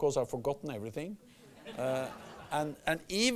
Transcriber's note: laughter